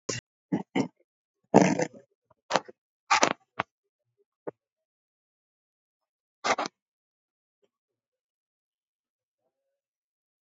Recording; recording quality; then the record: shallow breathing; poor, much background noise or distortion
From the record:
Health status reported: COVID-19 positive, mild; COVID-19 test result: positive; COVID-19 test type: RT-PCR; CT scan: taken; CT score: 10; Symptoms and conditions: cough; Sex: male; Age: 44 years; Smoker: no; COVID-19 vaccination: none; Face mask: worn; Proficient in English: yes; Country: India